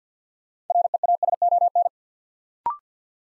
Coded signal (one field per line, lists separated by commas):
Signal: Morse code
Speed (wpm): 50 wpm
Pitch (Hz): 700 Hz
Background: none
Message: REASON